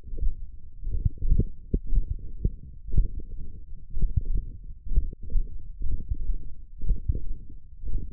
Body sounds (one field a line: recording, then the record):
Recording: forearm muscle sounds (acoustic myography)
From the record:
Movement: hook grip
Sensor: system 1, eight BSWA MPA416 microphones around the upper forearm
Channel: 6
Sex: male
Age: 42 years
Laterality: right